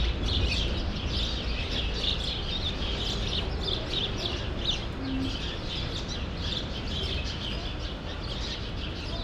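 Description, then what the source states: Sparrows chirping steadily, many bright overlapping chirps in a continuous busy chatter over a low constant rumble. Sparrows in a grove at Rue Saint-Jean Népomucène, Brussels, Belgium; recorded with Earsight V2 microphones in AB into a Mixpre-3.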